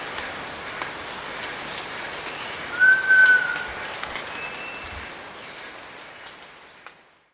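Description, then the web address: Giant pitta: a single long, pure whistle, slightly downslurred, sounds once against a steady high insect drone that fades toward the end. At Danum on 1 August 2009. "DANUM 20090801. giant pitta"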